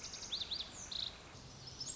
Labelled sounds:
Lazuli Bunting
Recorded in Sonoma County, California

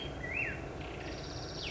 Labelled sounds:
Black-headed Grosbeak
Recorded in Sonoma County, California

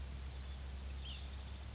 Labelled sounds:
Oak Titmouse
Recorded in Sonoma County, California

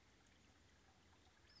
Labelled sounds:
Western Flycatcher
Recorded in Sonoma County, California

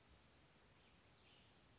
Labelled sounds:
Western Tanager
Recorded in Sonoma County, California

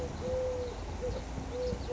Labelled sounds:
Eurasian Collared Dove
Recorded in Sonoma County, California

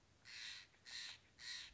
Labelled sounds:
Steller's Jay
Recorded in Sonoma County, California

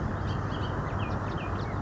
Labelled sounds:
Bullock's Oriole
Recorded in Sonoma County, California

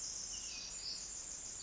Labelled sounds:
Pacific Wren
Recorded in Sonoma County, California

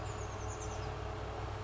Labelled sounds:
Oak Titmouse
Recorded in Sonoma County, California

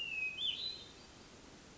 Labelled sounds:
Hermit Thrush
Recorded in Sonoma County, California

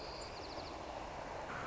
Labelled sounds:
White-crowned Sparrow
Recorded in Sonoma County, California

